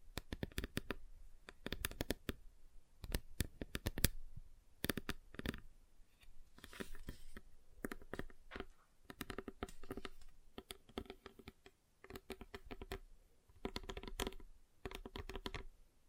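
Fingers tap on a tabletop in quick, uneven bursts, each a cluster of sharp clicks and knocks that starts and stops every second or two. The tapping has a dry, clattering texture, like typing or shuffling cards, with brief near-silent gaps between runs.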